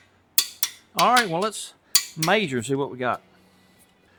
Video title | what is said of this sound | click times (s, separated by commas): 4th Gen Trans Am Revival - Engine Build | And another clicker. | 0.4 s